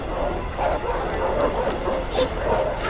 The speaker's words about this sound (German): Die Höllenhunde griffen an. In einer breiten Front wälzte sich die Meute heran. Riesige Hunde mit rot glühenden Augen. Hechelnd, geifernd und kläffend.